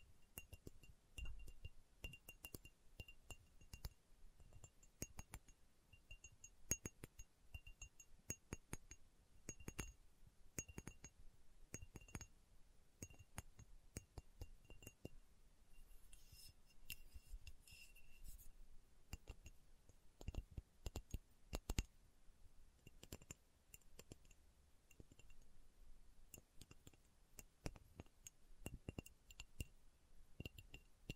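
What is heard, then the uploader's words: Slow tapping of sharp, glassy clicks at uneven intervals throughout, with a faint high ringing tone and a soft low rumble underneath. ASMR Slow Tapping for Deep Sleep (No Talking).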